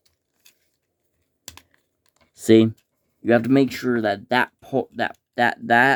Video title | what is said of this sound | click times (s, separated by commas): Here is my Transformers Christmas special. 3 figures And one bonus.Figure | and you just wait until you hear that click | 1.5 s